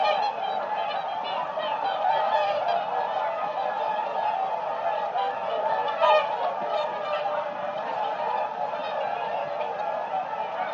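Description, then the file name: Whooper swans calling together, a dense wall of honking and bugling notes, with a few clearer, higher trumpet calls breaking through midway. "audio hero Bird Whooper Swan"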